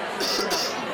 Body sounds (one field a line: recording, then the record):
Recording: coughing mixed with background sound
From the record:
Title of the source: November cold (wet coughing)